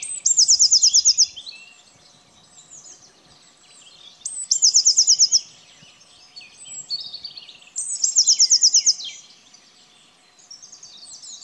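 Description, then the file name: Eurasian blue tit calls, three loud bursts of rapid high trilled notes about every four seconds, each followed by softer chattering and scolding notes. "Cyanistes caeruleus"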